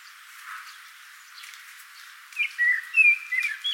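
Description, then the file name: Common blackbird song: after a quiet opening, one warbled fluting phrase with a sliding whistle and a brief high twitter at the end. "Turdus merula"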